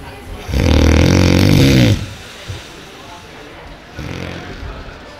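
A loud, rattling, low-pitched snore lasting about a second and a half, then a softer one: heavy snoring from an adult bed partner late at night, a sound that could be impacting the listener's health.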